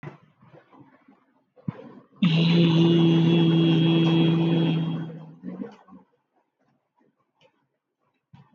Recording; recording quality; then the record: sustained vowel as in beet; excellent, no background noise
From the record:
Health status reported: COVID-19 positive, mild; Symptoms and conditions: cough, cold, breathing difficulty, fever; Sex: male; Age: 23 years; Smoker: not ticked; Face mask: not worn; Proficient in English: yes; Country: India